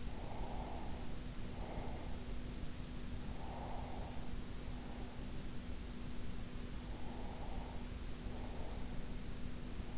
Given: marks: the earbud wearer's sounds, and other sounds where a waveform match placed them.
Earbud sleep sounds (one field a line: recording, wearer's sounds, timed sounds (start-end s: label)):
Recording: sounds in sleep by an in-ear microphone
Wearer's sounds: breath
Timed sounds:
0.00-2.06 s: breath
3.75-5.57 s: breath
6.75-8.75 s: breath